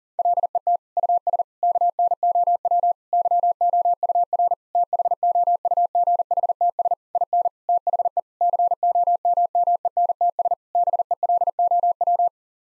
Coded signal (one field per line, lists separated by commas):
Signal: Morse code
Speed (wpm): 40 wpm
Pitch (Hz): 700 Hz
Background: none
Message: LET US KNOW YOUR THOUGHTS IN THE COMMENTS BELOW